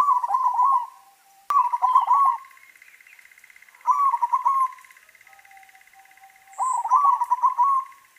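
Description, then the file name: Zebra dove song: four rattling coo phrases, each a fast string of clipped notes trailing off, separated by short gaps, over a persistent buzzing hum. White variety. "suara perkutut putih"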